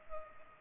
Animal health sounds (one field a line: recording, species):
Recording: mosquito wingbeat signal from an infrared sensor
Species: Culex pipiens